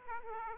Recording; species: mosquito wingbeat signal from an infrared sensor; Aedes aegypti